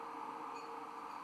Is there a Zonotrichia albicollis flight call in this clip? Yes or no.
no